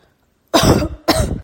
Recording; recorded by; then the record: voluntary cough; messaging app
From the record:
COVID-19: negative